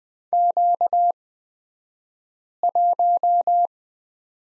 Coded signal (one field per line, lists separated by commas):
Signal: Morse code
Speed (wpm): 20 wpm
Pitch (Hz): 700 Hz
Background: none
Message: Q1